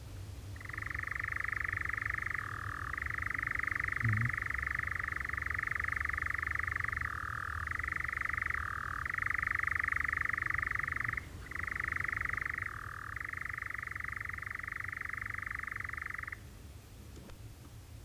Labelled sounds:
Eurasian Nightjar (Caprimulgus europaeus)
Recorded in the wild
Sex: male
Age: adult
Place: Oerlinghausen, Teutoburger Wald, Nordrhein-Westfalen, DE
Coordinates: 51.9667, 8.66667
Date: 1972-06-04
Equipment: Uher 4200 Report Stereo, Bändchenmikro Beyer M 260, Parabolspiegel Polyester (600 mm)
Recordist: Conrads, Klaus
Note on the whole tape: Männchen: Gesang, Rufe

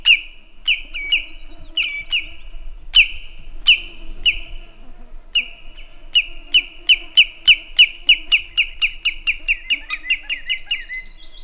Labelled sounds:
Common Greenshank (Tringa nebularia) call
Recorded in the wild
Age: adult
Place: Halbinsel Kindo, Karelien, RU
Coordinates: 66.5472, 33.0414
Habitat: upland moor
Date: 1994-06-23 18:02
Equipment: Sony TCD-D3, Sennheiser ME 80, K 30 AV (I), Windschutz
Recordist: Frommolt, Karl-Heinz

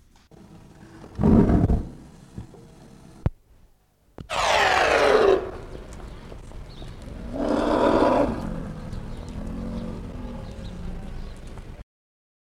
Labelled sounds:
Asian Elephant (Elephas maximus) growling
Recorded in captivity
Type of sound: growling
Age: juvenile
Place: Zoo Berlin, Berlin, DE
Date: 1959-03-26 15:00
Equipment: Reporter (Vollspur)
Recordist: Tembrock, Günter
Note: Grollen eines Jungtieres am Eingang in das Haus (Abstand ca. 30 m)

